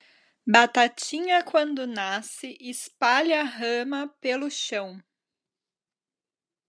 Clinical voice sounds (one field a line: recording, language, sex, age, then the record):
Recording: short text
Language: Brazilian Portuguese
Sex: female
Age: 30 to 39 years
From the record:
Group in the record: control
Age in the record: 30 years